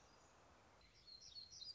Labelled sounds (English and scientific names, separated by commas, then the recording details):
Black-throated Gray Warbler (Setophaga nigrescens)
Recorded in Sonoma County, California